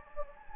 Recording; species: mosquito wingbeat signal from an infrared sensor; Anopheles gambiae